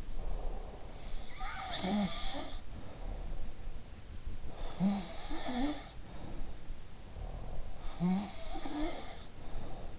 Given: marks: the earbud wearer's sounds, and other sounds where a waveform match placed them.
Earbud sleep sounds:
sounds in sleep by an in-ear microphone; breath
0.00-1.48 s: breath
1.29-3.48 s: sound from someone else or the room
4.50-6.71 s: sound from someone else or the room
7.08-8.13 s: breath
7.79-9.99 s: sound from someone else or the room

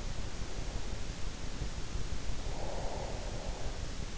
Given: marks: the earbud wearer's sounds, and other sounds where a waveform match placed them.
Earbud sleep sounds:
sounds in sleep by an in-ear microphone; breath
2.23-3.98 s: breath

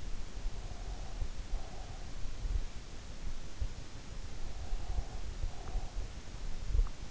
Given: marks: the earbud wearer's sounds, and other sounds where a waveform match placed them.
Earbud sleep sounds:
sounds in sleep by an in-ear microphone; breath
0.22-2.29 s: breath
4.23-7.11 s: breath

